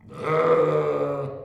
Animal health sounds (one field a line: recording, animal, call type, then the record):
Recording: contact call of a hoofed animal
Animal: sheep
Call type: low-frequency (closed-mouth) or high-frequency (open-mouth) call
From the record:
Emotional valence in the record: negative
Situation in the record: short social isolation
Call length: 1.45 s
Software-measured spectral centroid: 1190 Hz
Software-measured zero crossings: 1120 a second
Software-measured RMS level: -23 dBFS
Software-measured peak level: -8 dBFS